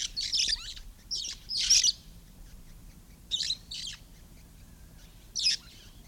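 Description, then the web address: Red-fronted parrot calls: rasping, high screeches in short bursts separated by quiet gaps, one pair midway and a single shriek near the end. "parrots poicephalus-gulielmi"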